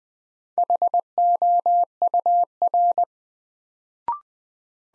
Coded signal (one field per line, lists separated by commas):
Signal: Morse code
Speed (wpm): 20 wpm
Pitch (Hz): 700 Hz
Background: none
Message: HOUR